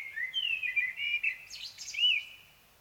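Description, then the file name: Common blackbird singing a mellow, fluting warble that slides and wavers, followed by a thin, scratchy high twitter and a final rounded note. "Turdus merula"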